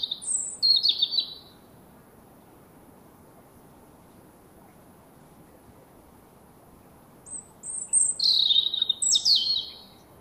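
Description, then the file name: European robin song: a high, thin warbled phrase, a long quiet gap, then another tinkling phrase with sharp high notes. "Erithacus rubecula"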